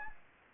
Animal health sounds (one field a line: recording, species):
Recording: mosquito wingbeat signal from an infrared sensor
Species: Anopheles gambiae